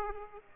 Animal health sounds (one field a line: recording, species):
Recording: mosquito wingbeat signal from an infrared sensor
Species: Aedes aegypti